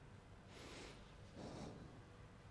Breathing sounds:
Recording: one breath in and out by a microphone near the nose and mouth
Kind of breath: normal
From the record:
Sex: male

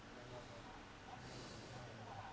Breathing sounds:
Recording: one breath in and out by a microphone near the nose and mouth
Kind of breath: normal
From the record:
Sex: male

